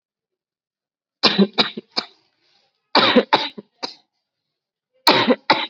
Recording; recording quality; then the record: shallow voluntary cough; excellent, no background noise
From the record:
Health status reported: COVID-19 positive, mild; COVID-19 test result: positive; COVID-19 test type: RT-PCR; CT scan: not taken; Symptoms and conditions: cough, fever, fatigue, muscle pain, diabetes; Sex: female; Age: 36 years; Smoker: no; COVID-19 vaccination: both doses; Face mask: worn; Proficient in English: yes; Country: India